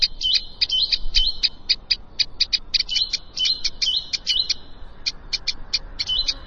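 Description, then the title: Plain prinia song: rapid series of short sharp notes mixed with buzzy, wavering phrases, continuing almost throughout over faint low background hiss. "Ciblek Sawah"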